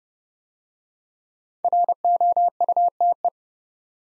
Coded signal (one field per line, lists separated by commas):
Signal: Morse code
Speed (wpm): 30 wpm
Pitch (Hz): 700 Hz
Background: none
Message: ROUTE